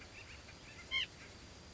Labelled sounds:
White-breasted Nuthatch (Sitta carolinensis)

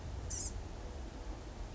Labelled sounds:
Blue-gray Gnatcatcher (Polioptila caerulea)

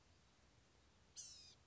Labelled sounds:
Blue-gray Gnatcatcher (Polioptila caerulea)

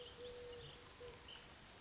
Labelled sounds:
Eurasian Collared Dove (Streptopelia decaocto)

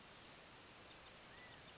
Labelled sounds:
California Quail (Callipepla californica)

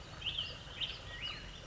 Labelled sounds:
Black-headed Grosbeak (Pheucticus melanocephalus)

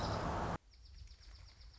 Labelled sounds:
Dark-eyed Junco (Junco hyemalis)

